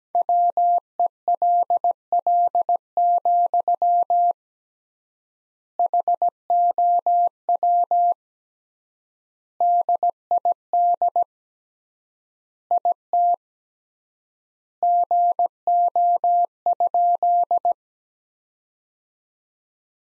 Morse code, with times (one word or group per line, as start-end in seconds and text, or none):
0.2-4.3 WELL,
5.8-8.1 HOW
9.6-11.2 DID
12.7-13.3 IT
14.8-17.7 GO?